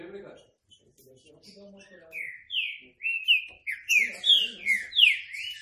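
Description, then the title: Green-winged saltator singing a rich whistled phrase of slurred, falling notes that grows louder and quicker toward the end, after some soft low chatter at the start. Classic song style (canto clássico), used for song training. "Canto Clássico Trinca Ferro TREINAMENTO"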